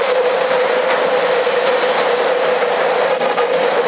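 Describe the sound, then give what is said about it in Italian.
A steady, unbroken CB radio carrier, transmitted on its own, filled with bright hiss, band-limited and constant in level for the whole stretch, with no speech over it. “Hai una specie di fruscio sotto, ma c'hai qualcosa di acceso?”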